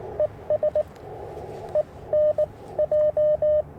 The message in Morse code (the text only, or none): ES E N J